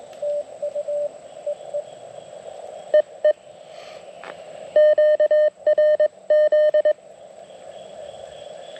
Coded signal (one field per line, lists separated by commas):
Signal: Morse code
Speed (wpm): 21 wpm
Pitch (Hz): 590 Hz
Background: none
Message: TU EE EE QRZ